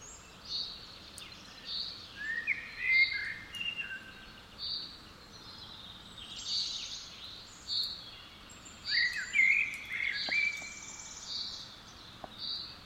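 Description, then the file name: Common blackbird singing in short fluty bursts, each sliding warble followed by squeaky high notes, repeated over several seconds. "Turdus merula"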